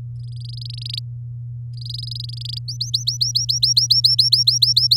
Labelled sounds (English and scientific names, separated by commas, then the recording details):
Domestic Canary (Serinus canaria) song
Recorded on 10 May 2018 at 06:04
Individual llb16